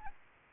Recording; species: mosquito wingbeat signal from an infrared sensor; Aedes albopictus